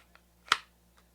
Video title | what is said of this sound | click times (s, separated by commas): The cheapest Glock 19 kydex holster you actually want!! | there's your click you want positive retention a positive click | 0.5 s